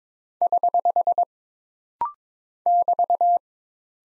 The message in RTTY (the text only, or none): none